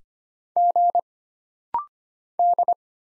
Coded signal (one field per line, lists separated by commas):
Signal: Morse code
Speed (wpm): 25 wpm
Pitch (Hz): 700 Hz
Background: none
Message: G D